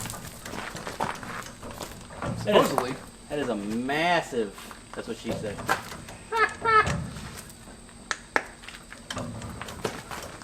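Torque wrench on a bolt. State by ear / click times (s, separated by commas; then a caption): torque reached / 8.4 s. A torque wrench is used on a bolt being torqued to a setting of about 150. Someone talks over it, and a sharp, short click is heard at 8.4 s as the wrench reaches its setting.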